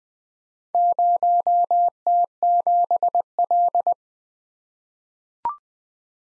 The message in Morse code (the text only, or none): 0T7L